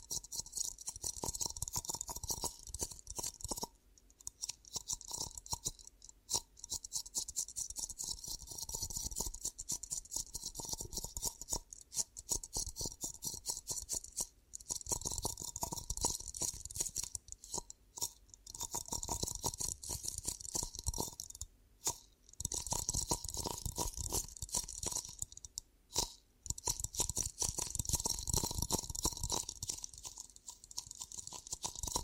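Ear cupping sounds: dense, crackly rustling and muffled rubbing that runs almost continuously, with a bright hiss on top and a faint steady tone underneath. Brief silent gaps break it up every few seconds, near 4, 6, 14, 18, 22 and 26 seconds.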